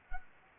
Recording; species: mosquito wingbeat signal from an infrared sensor; Anopheles arabiensis